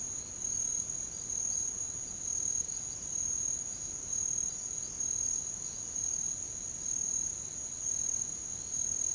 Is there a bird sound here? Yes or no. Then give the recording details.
yes. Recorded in pastures near Puerto Asís, Putumayo, Colombia, on 9 March 2025 at 07:00. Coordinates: 0.486, -76.323. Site G075